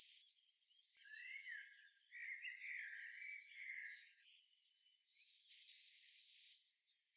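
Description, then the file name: Eurasian blue tit calls: soft thin twitters and lower chattering notes, followed by a piercing high note and a rapid descending series of buzzy repeated notes. "Cyanistes caeruleus"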